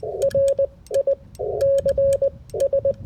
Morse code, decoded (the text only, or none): R I C S